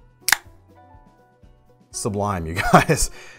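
A push-button deadlock folding knife is deployed and its blade locks open into the handle's button lock with a crisp two-stage click at 0.3 s and 0.3 s. After a short quiet stretch, someone talks.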